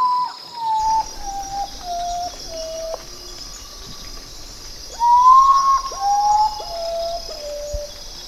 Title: vogel der woche. Common Potoo